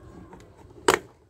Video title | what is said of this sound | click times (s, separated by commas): Repair Broken car's Rear View Mirror at lowest Cost | कि यह click का sound आएगा मतलब यह लग गया और | 0.9 s